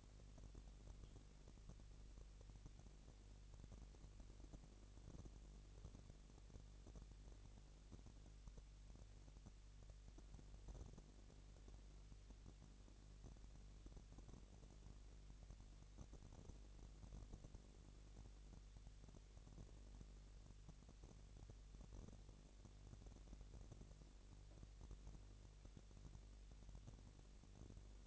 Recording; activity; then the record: daily activity, microphone in the room; no activity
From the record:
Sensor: 4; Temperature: 22.5 degrees Celsius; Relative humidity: 33.4%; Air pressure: 999.6 hPa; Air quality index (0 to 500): 230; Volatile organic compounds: 20 ppm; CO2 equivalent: 2703 ppm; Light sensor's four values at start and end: 2/3/1/1 and 2/3/1/1